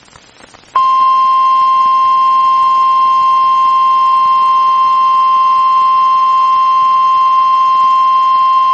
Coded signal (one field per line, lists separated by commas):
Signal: Emergency Alert System (SAME) tones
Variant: 1050 Hz attention tone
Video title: NOAA Weather Radio · WXJ96 Monroe, Louisiana · EAS #4 · Tornado Warning · 12/28/24